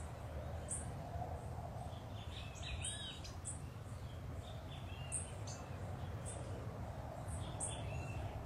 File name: BEIJA FLOR DE PEITO AZUL